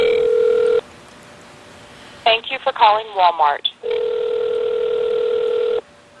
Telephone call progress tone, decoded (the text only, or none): ringback tone